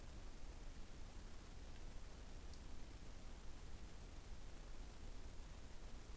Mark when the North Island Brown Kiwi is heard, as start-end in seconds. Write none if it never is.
none